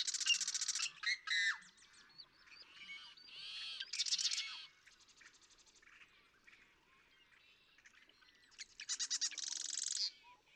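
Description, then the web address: Marsh Wren giving a series of chattering, rattling song phrases with slurred notes, then a quieter stretch and a final buzzy rattle near the end. "birdsongforthecurious Marsh Wren"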